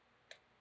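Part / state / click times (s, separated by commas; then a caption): click torque wrench on oil filter housing cap of car engine / torque reached / 0.3 s. A click torque wrench with an oil filter socket tightens the oil filter housing cap on a Porsche Cayman (987.1) engine until it reaches spec. A single sharp click at 0.3 s stands out from a quiet, steady background and fades within about a tenth of a second. The wrench clicks at its setting, confirming the cap is torqued.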